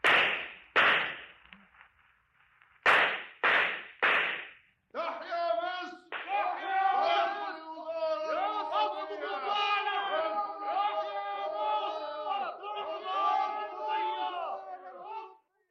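In a dramatization, a crowd beats Nubar, head of the ministers, and Mr. Wilson, the finance minister: several sharp, cracking blows land one after another, then a loud crowd erupts into sustained, overlapping shouting and yelling that continues to the end.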